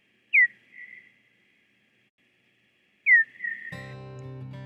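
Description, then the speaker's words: Hawaiian hoary bat, two falling chirps each drawn out into a steady buzz about three seconds apart, with music starting over the final second. Hawaii's only native land mammal; eats up to 40% of its body weight in a meal, favouring moths; some Hawaiian moths dive defensively when they hear the bats. "Listen to the sound of a Hawaiian hoary bat."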